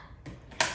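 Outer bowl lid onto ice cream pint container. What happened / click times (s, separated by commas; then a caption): The plastic lid locked in place / 0.6 s. A plastic outer bowl lid on a Ninja Creami Deluxe ice cream machine is twisted onto the pint container. Faint scraping and shuffling come first, then a loud, sharp click at 0.6 s as the lid locks into place.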